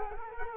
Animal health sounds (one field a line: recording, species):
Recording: mosquito wingbeat signal from an infrared sensor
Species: Culex quinquefasciatus